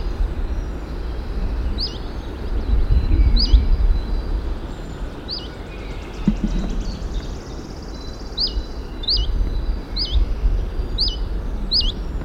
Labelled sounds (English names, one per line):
Common Chiffchaff call